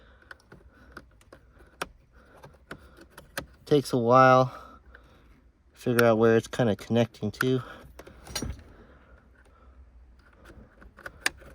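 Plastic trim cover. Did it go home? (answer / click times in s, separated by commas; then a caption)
yes / 11.3 s. Someone talks while fumbling with the plastic steering column trim cover on an RSX during a wrapped steering wheel reinstall, searching for where its other side connects, with scattered light plastic taps and clicks. The cover is pressed onto its mating half until it snaps into place with a sharp click at 11.3 s, and it then sits flush.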